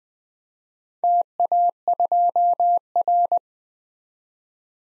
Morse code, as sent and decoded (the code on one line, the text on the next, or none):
- .- ..--- .-.
TA2R